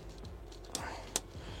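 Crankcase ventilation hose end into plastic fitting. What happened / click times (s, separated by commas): Hose end being handled onto its fitting, not yet clipped home / none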